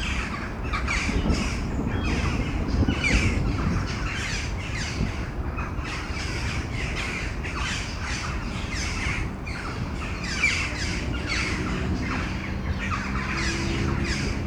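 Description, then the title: Crows giving many harsh, overlapping caws in a continuous busy flock chorus, with a constant low-pitched rumble underneath. Crows in Mechelen, Belgium, calling before a storm; recorded with Sony PCM-M10 internal microphones. "Domaine de Tivoli, Malines, Belgique, Belgium - Corneilles avant lorage - Crows before the storm"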